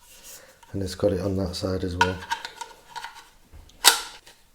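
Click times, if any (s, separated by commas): 3.9 s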